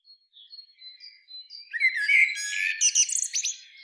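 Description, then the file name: Common blackbird starting with soft, thin whistled notes that build into a loud, rapid jumble of high, scratchy chirps. "Turdus merula"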